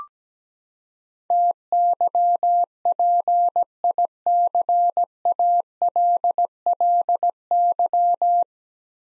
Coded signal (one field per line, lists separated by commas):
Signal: Morse code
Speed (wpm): 17 wpm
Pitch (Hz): 700 Hz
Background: none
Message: TYPICALLY